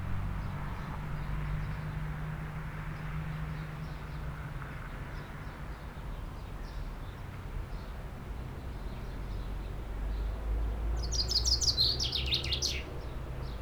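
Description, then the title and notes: Common chaffinch bursts into a single fast descending trill with an end flourish after a long stretch of low humming background noise. Singing in a tree while preening, 30 Rue Eugène Fert, Aix-les-Bains, France; faint Sierroz stream in background. "30 Rue Eugène Fert, 73100 Aix-les-Bains, France - Pinson des arbres. Un pinson chante dans un arbre et je le vois faire sa toilette, une petite séquence différente de sa ritournelle habituelle"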